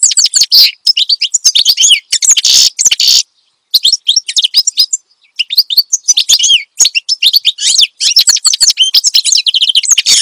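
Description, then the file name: Finch singing almost nonstop, a dense stream of high chirps, twitters and trills with a few brief pauses. Energetic, lively finch song presented as a tutor recording for training captive songbirds (masteran). "Suara Kicauan Burung Finch Gacor Dor Cocok Untuk Masteran"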